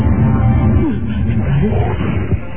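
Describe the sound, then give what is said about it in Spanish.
A deep, continuous growl of a killer tiger stalking and menacingly watching people rumbles low and loud for a few seconds, with rough, throaty texture and slight rises in pitch, ending in a brief louder snarl. “Tiempo habían permanecido Solim, Itagaki y Shani ante el acoso del tigre asesino, no podrían decirlo, pero la fiera estaba ahí acechándolos, mirándolos amenazadoramente.”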